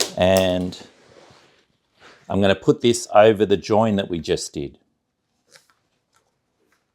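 A plastic ratchet hose clamp is handled as it is placed over a poly pipe fitting joint, while someone talks for most of the clip. A few faint, brief taps follow near the end. The clip stops before the clamp is squeezed shut with the fingers, so nothing has clicked or seated yet.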